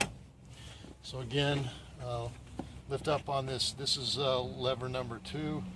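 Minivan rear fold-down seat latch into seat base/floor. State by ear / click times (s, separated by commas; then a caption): seated / 0.0 s. A Chrysler Voyager minivan's rear Stow 'n Go seat is pushed down, and its latch catches into the seat base/floor position with a sharp tick-like click at 0.0 s. After that, someone talks while faint vehicle and mechanism sounds sit in the background, and the seat is latched.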